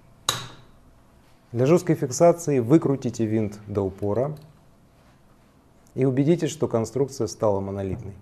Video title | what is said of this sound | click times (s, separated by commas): Инструкция заточного устройства TSPROF Kadet. | поднимите дуговую стойку до щелчка | 0.3 s